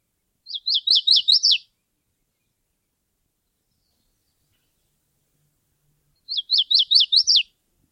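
Bird song: a quick phrase of five or six sharp, down-slurred whistled notes, given twice about six seconds apart, with silence between.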